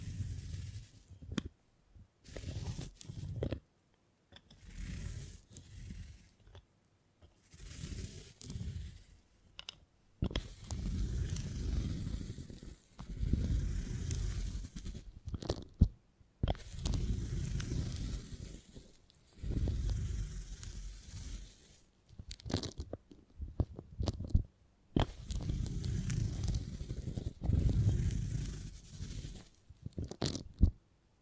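Beeswax is handled in close, tingly bursts of crinkling, crunching and tearing sounds, starting and stopping every second or two. The sound is mostly low and thick with a fizzy crackle on top. From about ten seconds on, the handling runs in longer, denser stretches separated by short silences.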